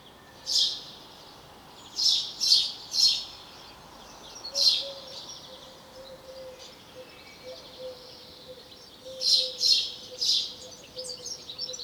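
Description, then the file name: House sparrow chirping, loud bright notes singly and in clusters of three, over a steady pulsing hum. "Passer domesticus"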